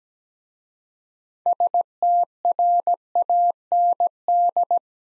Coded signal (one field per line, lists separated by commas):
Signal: Morse code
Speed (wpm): 17 wpm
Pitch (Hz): 700 Hz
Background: none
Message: STRAND